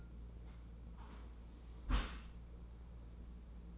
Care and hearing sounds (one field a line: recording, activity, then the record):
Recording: daily activity, microphone in the room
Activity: close dishwasher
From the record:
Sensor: 1